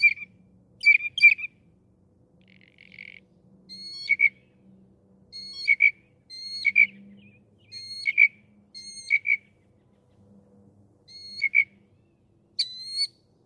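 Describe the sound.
Northern mockingbird song of short, nasal, harmonic notes repeated at irregular intervals, with a faint low hum beneath.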